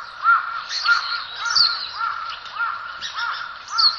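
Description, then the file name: Red-billed leiothrix giving harsh, nasal arched call notes, repeated roughly every half second in a steady series, with faint higher chatter above. Recorded in Sasakubo valley. "ソウシチョウ 笹窪谷Ｐ"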